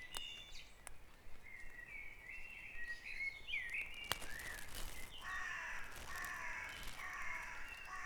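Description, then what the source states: Mixed birdsong at dawn: whistled phrases and chirps early, a brief rushing sound, then rough, overlapping calls and whistles. Dawn chorus at Back Dragon Avenue, Harrogate; part of the Sound Map of Harrogate.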